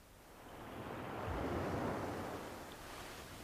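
A single wave surges in and breaks on the shore, a broad hissing wash that swells to a peak midway and then slowly recedes into steady surf, with no voices.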